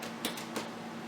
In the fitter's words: then kind of slide it forward and you heard the click now